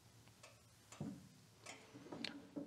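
The motor-cover door of a SawStop table saw, being converted from three-phase to single-phase power, is closed onto a repositioned L-bracket so the bracket presses the door interlock safety switch. A few soft knocks and thuds are heard as the door moves, then a sharp click at 2.2 s shows the switch is actuated. The click means proper contact is made and the switch has seated.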